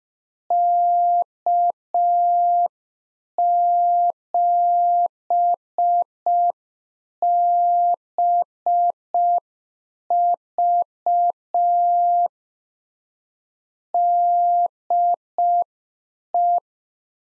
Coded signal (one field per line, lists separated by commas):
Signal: Morse code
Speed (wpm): 5 wpm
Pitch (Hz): 700 Hz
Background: none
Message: K7BV DE